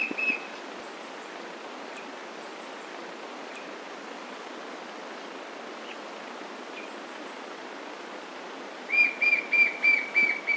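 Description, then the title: White-shouldered fire-eye whistling: one short note at the start, then after a long pause a run of about six clear, evenly spaced whistles, gently falling, over steady hiss. "LuckyPassaro Completos2Sama. White-shouldered Fire-eye (Pyriglena leucoptera)"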